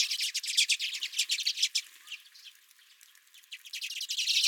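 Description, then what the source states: Redpolls calling, a dense chatter of rapid dry chips and twitters, loud in bursts at the start and end with a softer stretch in the middle. Redpolls at the recordist's feeder.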